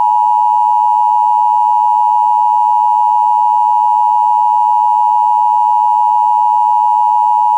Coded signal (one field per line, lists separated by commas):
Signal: Emergency Alert System (SAME) tones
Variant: 853 and 960 Hz attention tone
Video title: EAS #251 Tornado Warning On WJON-IP